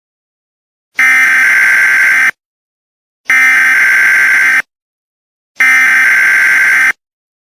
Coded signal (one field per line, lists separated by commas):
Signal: Emergency Alert System (SAME) tones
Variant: header bursts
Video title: Eas scenario 99 nights in the forest (READ DESC)